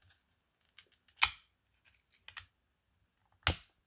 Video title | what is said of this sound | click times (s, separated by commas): Model #45 Episode 25: Final Assembly For Now | There. That was a satisfying snap. Good. | 3.5 s